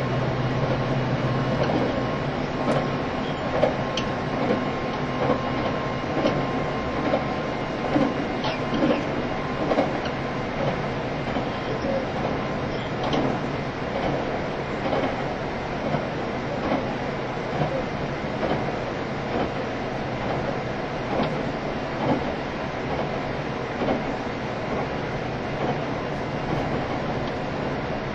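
A train runs steadily throughout, a dense, continuous rumble with a low hum underneath and rattling, clicking wheel noise layered on top. A faint sustained whine sits in the middle range for the first half, and small knocks and clacks recur irregularly over the roar.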